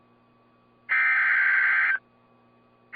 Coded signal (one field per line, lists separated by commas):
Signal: Emergency Alert System (SAME) tones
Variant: header bursts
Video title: Impact… impact… impact… | 9/1/21 - 2x Flood Warning for rivers in PA on KIH28 (EAS #225-#226)